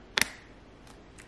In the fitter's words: so for this one it just snaps on using this one hole and it actually makes a noise when it snaps on